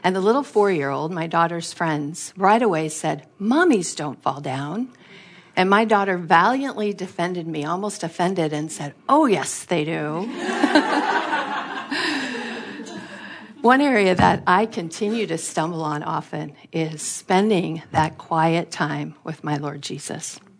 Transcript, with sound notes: And the little four-year-old, my daughter’s friend, right away said, “Mommies don’t fall down!” And my daughter valiantly defended me—almost offended—and said, “Oh, yes, they do!” (laughter) One area that I continue to stumble on often is spending that quiet time with my Lord Jesus.